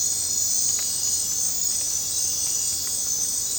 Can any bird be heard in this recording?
no